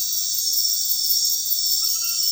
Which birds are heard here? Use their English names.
none